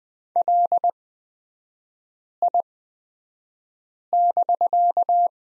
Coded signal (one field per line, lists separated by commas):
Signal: Morse code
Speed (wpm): 20 wpm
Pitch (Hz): 700 Hz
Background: none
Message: LI<BK>